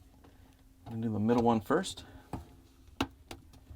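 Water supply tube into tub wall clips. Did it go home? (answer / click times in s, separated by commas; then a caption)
yes / 3.0 s. A plastic water supply tube is pressed into the middle cabinet clip of the tub wall on a Whirlpool/KitchenAid/Maytag dishwasher while someone talks. A sharp snap at 3.0 s marks the tube seating in the clip, followed by a softer tick at 3.3 s.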